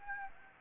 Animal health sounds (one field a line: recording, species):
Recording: mosquito wingbeat signal from an infrared sensor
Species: Aedes aegypti